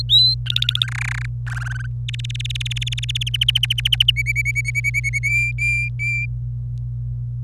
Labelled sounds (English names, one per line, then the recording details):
Domestic Canary song
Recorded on 26 April 2018 at 06:07
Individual llb3